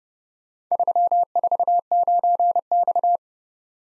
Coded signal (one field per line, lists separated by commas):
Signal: Morse code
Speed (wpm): 31 wpm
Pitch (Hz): 700 Hz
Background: none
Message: 349X